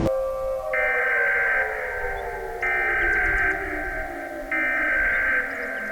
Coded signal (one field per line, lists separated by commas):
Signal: Emergency Alert System (SAME) tones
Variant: header bursts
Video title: EAS scenario 1(and 2): Andy-Nado & Andy gets mad